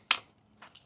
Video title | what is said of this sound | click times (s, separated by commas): KNAFS KNIVES LANDER 4 FIXED BLADE,can this little design play with the big boys? | So, I mean, it pops right in here. | 0.1 s